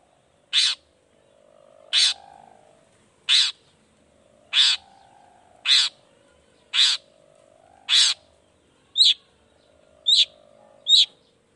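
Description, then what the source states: Long-tailed shrike uttering loud rasping notes about once a second, ending with a few thinner sharp whistled notes, over a faint hum. Morning singing of a lively long-tailed shrike with 'toet toet' sound variations, intended to stimulate reluctant shrikes into singing quickly.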